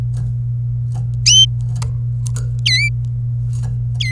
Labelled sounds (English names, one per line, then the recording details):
Domestic Canary song
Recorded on 26 April 2018 at 17:05
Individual llb3